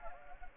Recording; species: mosquito wingbeat signal from an infrared sensor; Anopheles gambiae